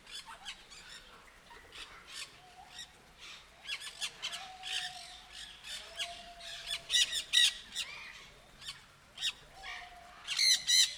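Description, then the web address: Sulphur-crested cockatoo screeching in short, harsh, noisy bursts, irregular and clustered, growing louder toward the end, with faint tonal sounds between calls. Captive bird at a zoo in Nyíregyháza, recorded in 2019 with the recorder left beside it. "sargabobitas kakadu otthagytukafelvevot nyiregyhaza"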